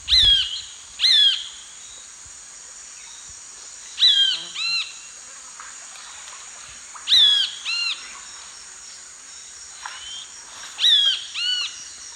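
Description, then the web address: Great kiskadee calls loudly in short harsh phrases of two or three arched notes, repeated every few seconds, above a steady shrill insect whine. Recorded in the eastern lowlands of South America. "Natures Songs S America Eastern Lowlands. Great Kiskadee"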